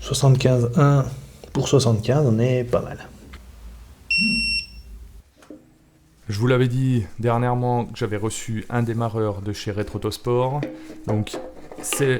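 Someone talks while tightening an exhaust fastener on a 205 GTI with a new torque wrench set to 75. At 4.1 s the wrench gives a sharp, buzzer-like beep, signaling that the set torque has been reached. Talking then continues.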